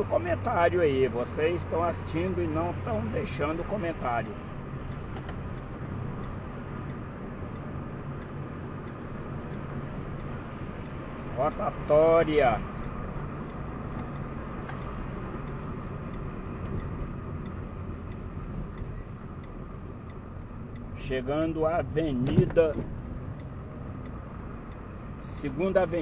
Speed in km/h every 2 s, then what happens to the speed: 37, 37, 37, 39, 39, 43, 45, 42, 32, 30, 23, 30, 33.
0-13 speeds up to 45. 13-20 slows to 23. 20-26 speeds up to 33.